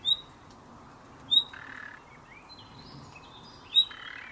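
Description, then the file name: Common nightingale giving three loud, clipped high whistles, spaced unevenly over four seconds, with softer chattering and warbling behind. "Luscinia megarhynchos"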